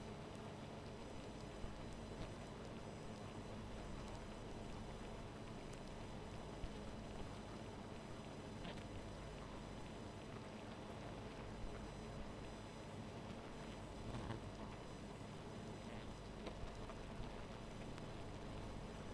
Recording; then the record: honeybee colony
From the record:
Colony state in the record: missing queen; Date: 14 July 2017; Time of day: 0:03